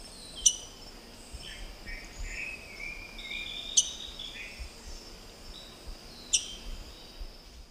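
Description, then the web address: Rose-breasted grosbeak giving sharp, squeaky single call notes about every three seconds, over fainter background sounds and low noise. Call; eastern lowlands of South America. "Natures Songs S America Eastern Lowlands. Pheucticus ludovicianus, call"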